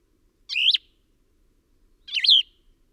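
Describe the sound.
Bird calls: two short, squeaky chirps with wavering, bent pitch, about one and a half seconds apart, on an otherwise quiet background.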